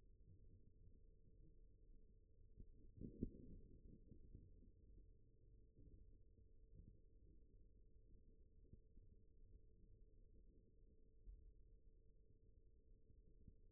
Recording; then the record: forearm muscle sounds (acoustic myography)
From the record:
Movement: rest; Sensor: system 1, eight BSWA MPA416 microphones around the upper forearm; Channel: 3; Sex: male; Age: 41 years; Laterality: right